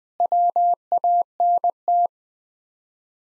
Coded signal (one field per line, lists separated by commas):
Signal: Morse code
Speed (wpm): 21 wpm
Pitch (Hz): 700 Hz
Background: none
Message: WANT